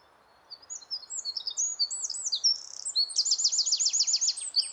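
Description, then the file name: Eurasian wren with a loud, shrill song: rapid warbled notes running into a long, fast metallic trill that continues to the end. "Troglodytes troglodytes"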